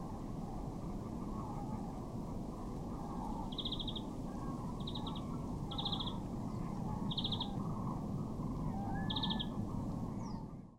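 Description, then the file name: European greenfinch calls: several short rapid buzzy trills at irregular intervals, over a constant loud low rumble of background noise. "Chloris chloris"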